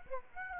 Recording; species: mosquito wingbeat signal from an infrared sensor; Aedes aegypti